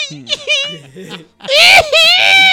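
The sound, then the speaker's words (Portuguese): A voice mimics a child crying: broken, hiccuping sobs at first, then a short pause and a louder, drawn-out high-pitched wail that wavers and breaks. “imita o choro, imita o choro. Deve ser aquele choro.”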